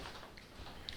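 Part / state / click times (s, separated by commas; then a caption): sunroof panel into roof guide connection / seated / 0.9 s. A half-open sunroof panel on a Mercedes 190 W201 is slid over its roof guide connection and locks into place at the rear. A faint tick at 0.4 s is followed by a sharper, brighter click at 0.9 s as the panel seats, over a low steady background.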